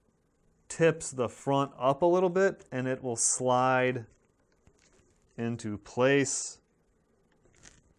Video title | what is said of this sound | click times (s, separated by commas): Nintendo 64 Controller Joystick Replacement with "OEM" Style Analog Stick | some force on there it's not clicking into place or anything like that but you | none